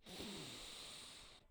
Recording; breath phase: one breath near a microphone; inhalation